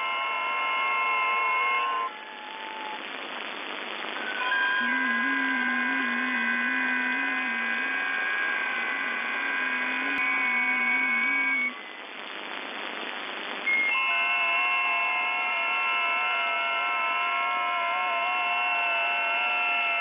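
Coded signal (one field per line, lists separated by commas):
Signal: FT8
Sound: many soft overlapping warbling tones that stop briefly, then restart together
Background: radio static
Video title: FT8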